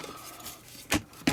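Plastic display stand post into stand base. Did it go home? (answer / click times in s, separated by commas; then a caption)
yes / 1.3 s. The plastic display stand post of a Playmates Star Trek Enterprise NCC-1701-B toy starship is pushed into its stand base. A sharp knock at 0.9 s is followed by a crisp click at 1.3 s as the post seats in the base.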